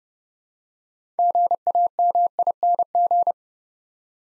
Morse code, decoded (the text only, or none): GAMING